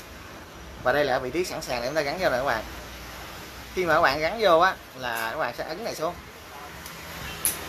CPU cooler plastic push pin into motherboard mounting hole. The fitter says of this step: đó, bạn nghe cái tách một cái đó là cái chốt nhựa này nó sẽ được gài vô cái chốt nhựa trắng ở dưới nè các bạn